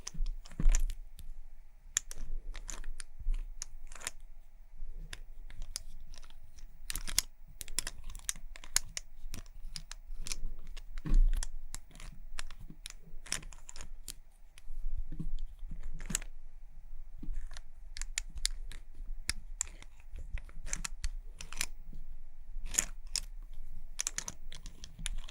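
Quick tapping and scratching on makeup items, made of dense, sharp clicks in irregular bursts throughout. The clicks are bright and crisp, sometimes clustering into rapid runs, with brief gaps around 15 and 20 seconds. A faint steady low hum sits underneath.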